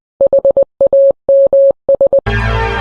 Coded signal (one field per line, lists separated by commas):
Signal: Morse code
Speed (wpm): 20 wpm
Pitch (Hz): 550 Hz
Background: music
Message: HAMS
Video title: CQ Blind Hams Open GD77 Round Table